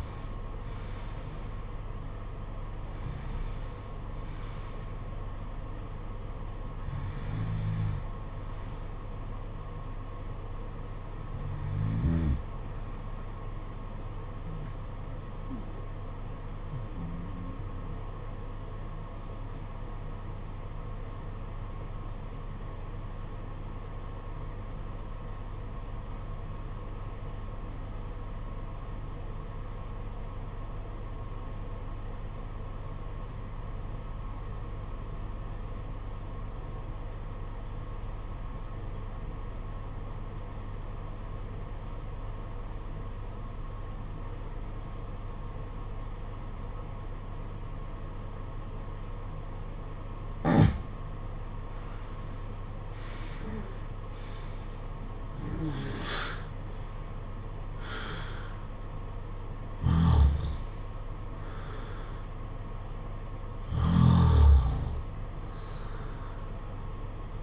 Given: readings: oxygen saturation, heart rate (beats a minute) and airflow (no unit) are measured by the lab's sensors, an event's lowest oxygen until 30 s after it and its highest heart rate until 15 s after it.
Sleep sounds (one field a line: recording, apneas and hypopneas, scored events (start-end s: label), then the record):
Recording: breathing in sleep by a smartphone at the bedside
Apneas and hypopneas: 1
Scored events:
13.00-67.43 s: new sleep stage, REM sleep
17.00-53.20 s: obstructive apnea (REM, oxygen 95% highest, then 74% lowest, heart rate 46 at the start, 75 highest)
From the record:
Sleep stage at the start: N1 (lightest sleep)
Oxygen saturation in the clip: 71 to 95%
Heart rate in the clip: 45 to 91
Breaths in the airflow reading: 9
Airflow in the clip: -14.8 to 14.9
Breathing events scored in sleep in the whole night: 476 in 9.7 hours asleep